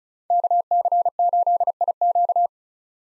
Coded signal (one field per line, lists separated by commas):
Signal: Morse code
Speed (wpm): 36 wpm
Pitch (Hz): 700 Hz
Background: none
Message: KC8IQ